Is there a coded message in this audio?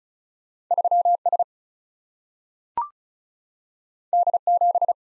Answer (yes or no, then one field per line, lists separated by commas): yes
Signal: Morse code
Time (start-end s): 0.7-4.9 s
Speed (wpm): 36 wpm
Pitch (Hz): 700 Hz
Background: none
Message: 3 S D 7